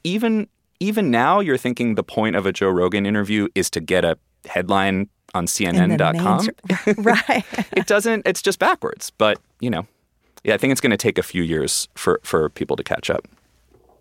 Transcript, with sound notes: I mean, even now, you're thinking the point of a Joe Rogan interview is to get a headline on cnn.com.
In the main - right (laughter).
It doesn't - it's just backwards. But, you know, yeah, I think it's going to take a few years for people to catch up.